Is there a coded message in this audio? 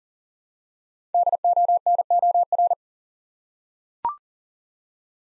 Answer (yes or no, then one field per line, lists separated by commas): yes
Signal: Morse code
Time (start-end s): 1.1-2.7 s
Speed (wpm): 38 wpm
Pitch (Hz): 700 Hz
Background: none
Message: DONOR